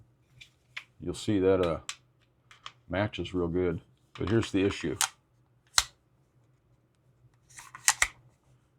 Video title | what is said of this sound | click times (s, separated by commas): TAYLOR FREELANCE BASEPLATE FOR MY CANIK SFX RIVAL MAGS - ARE THEY WHAT I EXPECTED? | It doesn't lock in. | none